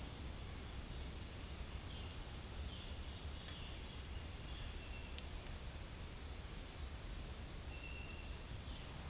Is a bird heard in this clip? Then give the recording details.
no. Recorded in pastures near Puerto Asís, Putumayo, Colombia, on 21 March 2025 at 08:00. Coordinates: 0.502, -76.324. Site GP07